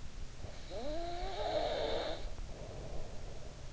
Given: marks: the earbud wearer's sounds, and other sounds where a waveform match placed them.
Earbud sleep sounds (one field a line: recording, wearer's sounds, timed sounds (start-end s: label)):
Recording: sounds in sleep by an in-ear microphone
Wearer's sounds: snoring breath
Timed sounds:
0.36-3.69 s: snoring breath